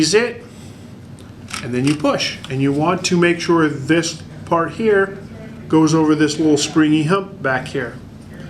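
Someone talks while pushing the lens standard of a Kodak Folding Cartridge Premo camera (1917–1926) back along the camera bed, toward a small springy hump, the spring detent it must pass over. The clip ends before the part goes home; nothing has seated or clicked yet.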